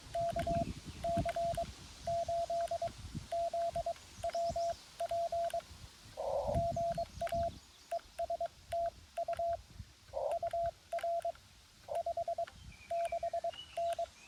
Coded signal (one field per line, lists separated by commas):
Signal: Morse code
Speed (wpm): 22 wpm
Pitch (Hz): 690 Hz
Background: none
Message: KC8ZWP GA ES TU UR 56N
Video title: Wednesday Afternoon Morse Code POTA Activation